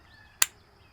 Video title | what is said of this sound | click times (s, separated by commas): Walther PPQ M2 .22lr ~ Full Size Plinker/Trainer | notch goes on to the barrel first and on to the bottom you'll hear it click right in there | 0.4 s